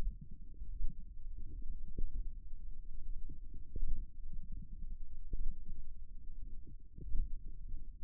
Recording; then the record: forearm muscle sounds (acoustic myography)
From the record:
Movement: hand opening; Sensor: system 1, eight BSWA MPA416 microphones around the upper forearm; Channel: 8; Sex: female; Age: 21 years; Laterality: right